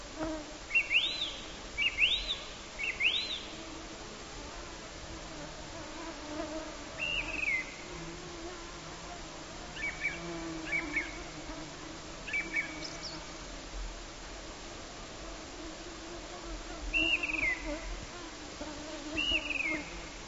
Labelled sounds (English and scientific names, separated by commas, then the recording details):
Song Thrush (Turdus philomelos) song
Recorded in the wild
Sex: male
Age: adult
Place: Halbinsel Kindo, Karelien, RU
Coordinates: 66.5425, 33.1406
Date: 1995-06-23 22:42
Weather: fair, 20°C, no wind
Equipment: Sony TCD-D3, Sennheiser MKH 70, Windkorb
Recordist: Frommolt, Karl-Heinz